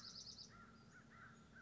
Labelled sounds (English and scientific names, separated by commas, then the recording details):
American Crow (Corvus brachyrhynchos)
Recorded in Sonoma County, California